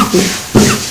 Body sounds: coughing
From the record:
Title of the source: Mid-morning Winter Coughing Fit

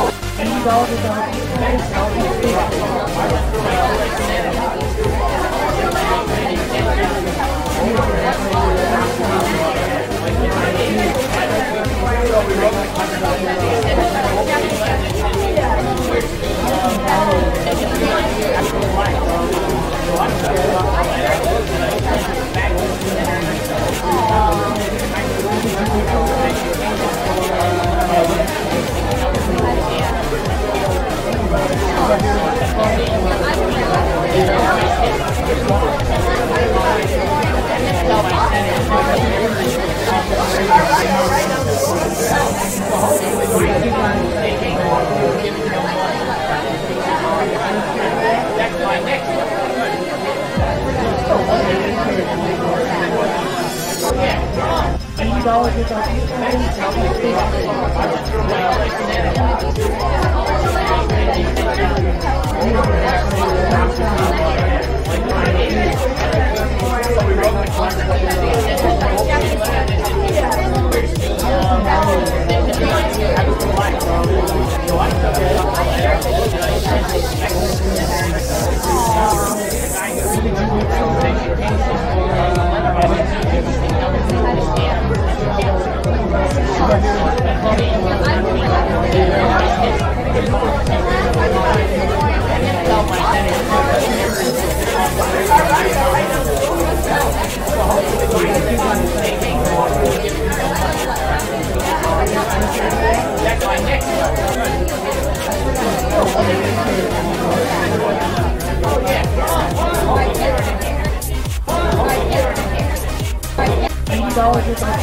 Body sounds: background sound without coughing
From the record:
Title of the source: Nightlife Party Simulating Party Club Noise 1 Hour

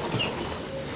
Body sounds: coughing mixed with background sound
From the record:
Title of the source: Spring Cold Coughing.

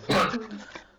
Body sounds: coughing mixed with background sound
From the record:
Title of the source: Barking cough - # 10

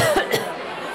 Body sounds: coughing mixed with background sound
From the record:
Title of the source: Coughing Woman Sound - Woman Cough Sound Effect

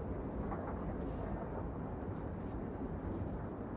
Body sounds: background sound without coughing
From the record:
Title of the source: Train Ride Ambience ambient white noise for sleeping, focus, studying, reading

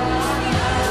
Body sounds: coughing mixed with background sound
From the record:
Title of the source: female coughing - coughing sound effects girl

